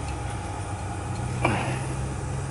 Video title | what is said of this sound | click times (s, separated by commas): Saturn Ion Front Wheel Bearing Replacement 2003 07 | it should just snap into place keyword | 1.5 s